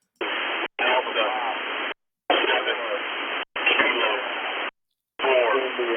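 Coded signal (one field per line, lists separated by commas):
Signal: coded military voice message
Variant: US Emergency Action Message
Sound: five noisy radio voice transmissions, overlapping garbled speech, cut by brief silences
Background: radio static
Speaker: so here's a clip of the two emergency action messages broadcasting at the same time on the same frequency and it sounded like they were talking over each other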